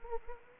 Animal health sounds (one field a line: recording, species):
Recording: mosquito wingbeat signal from an infrared sensor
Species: Anopheles gambiae